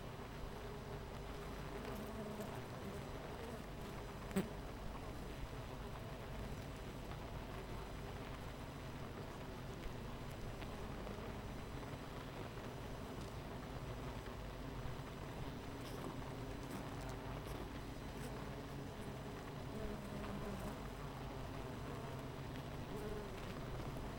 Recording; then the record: honeybee colony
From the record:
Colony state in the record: missing queen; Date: 14 July 2017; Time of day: 8:48